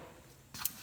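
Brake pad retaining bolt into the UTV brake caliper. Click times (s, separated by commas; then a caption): 0.7 s. On a Can-Am Defender UTV, the brake caliper's retaining bolt is pushed through the hole in the metal brake pad backing plate. After a low, quiet background, a brief scraping rise comes at about 0.5 s, then one sharp, bright click at 0.7 s as the bolt snaps into place. The retaining bolt is seated.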